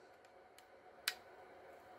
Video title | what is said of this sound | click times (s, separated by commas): DC Tech Tip - Glock Trigger Failure to Reset | you can hear it clicking | 1.1 s